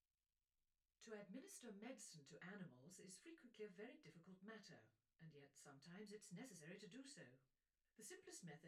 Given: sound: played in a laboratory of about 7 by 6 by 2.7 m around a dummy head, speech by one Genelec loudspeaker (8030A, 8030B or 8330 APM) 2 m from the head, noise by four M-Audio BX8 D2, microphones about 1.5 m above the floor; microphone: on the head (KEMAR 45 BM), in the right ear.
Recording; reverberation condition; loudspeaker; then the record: female speech in English; low; 150 degrees to the left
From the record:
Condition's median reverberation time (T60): about 310 ms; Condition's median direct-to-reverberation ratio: about 3.5 dB